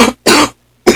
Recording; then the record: coughing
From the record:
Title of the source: 61 morning phlegmy cough...again